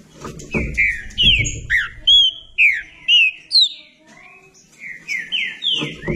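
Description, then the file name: Green-winged saltator song: a lively run of loud, clear whistled notes, many sliding downward, delivered in quick uneven phrases with brief pauses, with low thumping sounds at start and end. "canto do trinca ferro"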